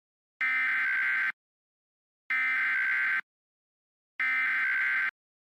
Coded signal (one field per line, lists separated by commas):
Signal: Emergency Alert System (SAME) tones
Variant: header bursts